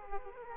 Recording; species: mosquito wingbeat signal from an infrared sensor; Aedes aegypti